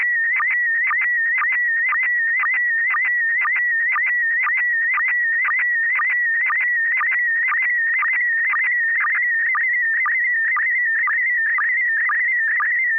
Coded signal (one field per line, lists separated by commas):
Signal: SSTV (slow-scan television)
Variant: PD 120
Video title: N6NA SSTV Net - 02/25/2026